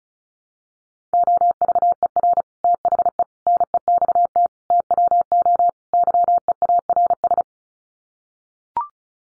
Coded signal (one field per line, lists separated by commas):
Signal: Morse code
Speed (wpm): 34 wpm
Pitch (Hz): 700 Hz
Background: none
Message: OVER THE NEXT TWO YEARS